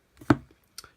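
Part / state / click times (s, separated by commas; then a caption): plastic back cover onto mobile phone body / seated / 0.3 s, 0.8 s. The plastic back cover of a Nokia C3-00 mobile phone is pressed back onto the handset, a cover that usually just pops off and snaps back into place. Two sharp plastic clicks are heard at 0.3 s and 0.8 s, and the cover is seated.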